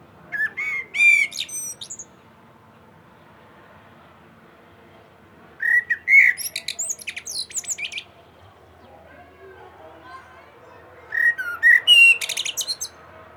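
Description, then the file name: Common blackbird singing three phrases about five seconds apart, each a few low fluted notes followed by a cluster of high, thin squeaks. "Turdus merula"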